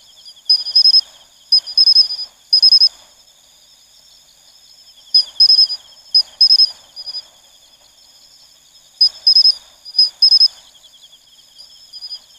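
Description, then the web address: Matsumushi cricket song: high, clear ringing chirps in clusters of two or three, bouts recurring every few seconds over a steady, thin hiss of other insects. "sikioto insect matsumushi"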